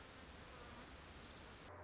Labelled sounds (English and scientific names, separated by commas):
Orange-crowned Warbler (Leiothlypis celata)